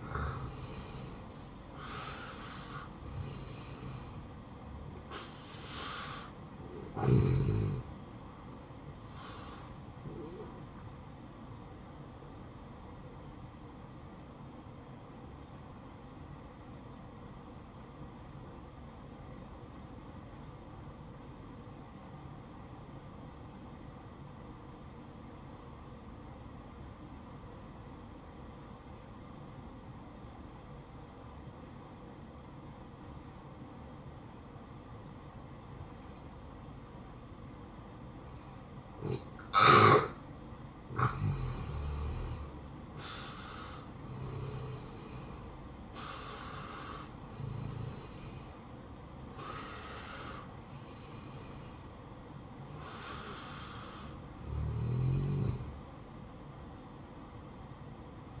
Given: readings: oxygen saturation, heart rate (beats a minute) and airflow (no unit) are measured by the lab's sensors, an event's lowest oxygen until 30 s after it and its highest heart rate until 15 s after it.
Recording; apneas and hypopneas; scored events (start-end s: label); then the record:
breathing in sleep by a smartphone at the bedside; 1
12.00-40.10 s: hypopnea (N1, oxygen 95% highest, then 86% lowest, heart rate 64 at the start, 64 highest)
26.00-56.00 s: new sleep stage, N2 (light sleep)
56.00-58.40 s: new sleep stage, N1 (lightest sleep)
From the record:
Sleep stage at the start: N1 (lightest sleep); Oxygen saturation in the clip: 87 to 95%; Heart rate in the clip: 57 to 74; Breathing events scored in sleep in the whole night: 573 in 9.8 hours asleep